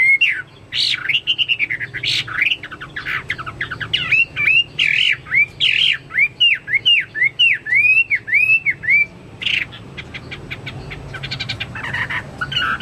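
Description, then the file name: Chinese hwamei song: loud, varied whistled phrases, including a run of repeated looping, rising-falling notes, mixed with harsher squawky bursts. "omkicau hwamei"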